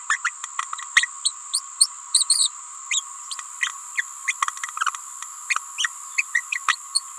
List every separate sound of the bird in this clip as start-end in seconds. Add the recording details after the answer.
0.09-0.18, 0.24-0.31, 0.95-1.08, 1.24-1.31, 1.53-1.60, 1.80-1.87, 2.14-2.26, 2.29-2.50, 2.91-3.03, 3.97-4.03, 4.27-4.33, 5.78-5.90, 6.17-6.23, 6.34-6.43, 6.68-6.76, 6.94-7.03. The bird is a female. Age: 28 days. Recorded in a nest box in Venezuela. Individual 17B31A3